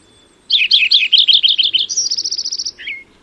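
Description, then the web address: Lincoln's sparrow singing a gurgling series of rolling notes that gives way to a quick, high, even trill and ends with a short lower slurred phrase. Recorded in California. "Lincoln's Sparrow Sounds Calif CLO"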